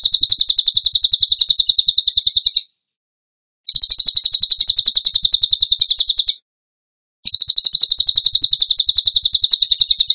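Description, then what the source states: Bird song: sharp, rapid high trills in three bouts of about two and a half to three seconds, separated by roughly a second of silence. Masteran training recording; song in the tembakan gacor style.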